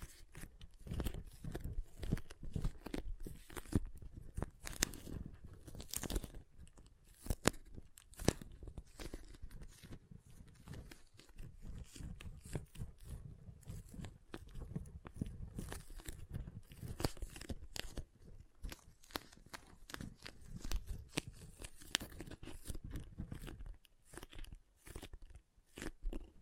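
Water beads squish and crackle in a dense, irregular stream of wet pops and crunches with no real pauses. The clicks run from deep thuds to bright snaps, steady in loudness throughout, easing slightly in the last few seconds.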